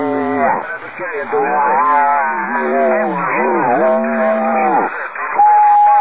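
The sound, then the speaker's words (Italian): A voice imitates a cow, drawing out a long, wavering, low moo with a strong harmonic tone that rises and falls over several seconds, sounding thin and band-limited as if over a radio. “Non ho capito che cosa aspetti, quello è morto, stavamo guardando, c'è stato uno che ha fatto la mucca, non ho capito.”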